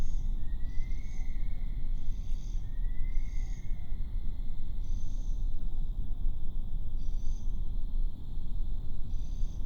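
Bush stone-curlew giving two drawn-out, slightly rising wailing whistles a couple of seconds apart, over a steady high hum and low background noise.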